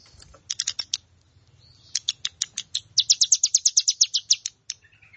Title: Ciblek Sawah